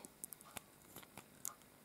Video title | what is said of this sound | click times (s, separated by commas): Up Close & Personal #02 - Nuvo AquaFlow Pens :D | take that away then you screw it back on and you hear a click I'm | 1.5 s